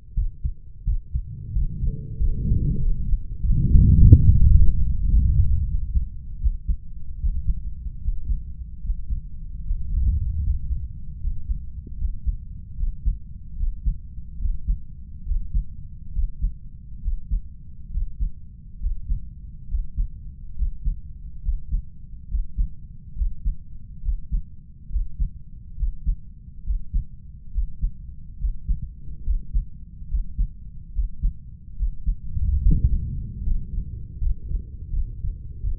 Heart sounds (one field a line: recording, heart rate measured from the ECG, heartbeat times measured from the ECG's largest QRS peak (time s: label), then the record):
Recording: heart sounds by stethoscope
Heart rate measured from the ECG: 76 bpm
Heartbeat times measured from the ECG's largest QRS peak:
0.14 s: heartbeat
0.85 s: heartbeat
1.53 s: heartbeat
2.17 s: heartbeat
2.79 s: heartbeat
3.41 s: heartbeat
3.98 s: heartbeat
4.53 s: heartbeat
5.10 s: heartbeat
5.68 s: heartbeat
6.40 s: heartbeat
7.20 s: heartbeat
8.02 s: heartbeat
8.83 s: heartbeat
9.64 s: heartbeat
10.42 s: heartbeat
11.20 s: heartbeat
11.98 s: heartbeat
12.77 s: heartbeat
13.57 s: heartbeat
14.38 s: heartbeat
15.25 s: heartbeat
16.12 s: heartbeat
17.01 s: heartbeat
17.91 s: heartbeat
18.80 s: heartbeat
19.68 s: heartbeat
20.55 s: heartbeat
21.42 s: heartbeat
22.28 s: heartbeat
23.15 s: heartbeat
24.02 s: heartbeat
24.89 s: heartbeat
25.76 s: heartbeat
26.63 s: heartbeat
27.51 s: heartbeat
28.38 s: heartbeat
29.23 s: heartbeat
30.08 s: heartbeat
30.92 s: heartbeat
31.76 s: heartbeat
32.60 s: heartbeat
33.42 s: heartbeat
34.18 s: heartbeat
34.90 s: heartbeat
35.61 s: heartbeat
From the record:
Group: healthy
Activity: rest 0-2 s, Valsalva maneuver 2-32 s, rest 32-36 s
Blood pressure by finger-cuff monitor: 111/48 mmHg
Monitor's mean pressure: 68 mmHg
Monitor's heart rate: 73 bpm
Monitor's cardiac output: 7.2 L/min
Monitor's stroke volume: 101 mL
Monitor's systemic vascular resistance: 640 dyn s/cm5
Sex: female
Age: 32 years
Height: 168 cm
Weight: 61.9 kg